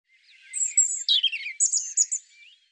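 European robin song made of a few sweet, thin whistles, some sliding downward, separated by short gaps, over a silent background.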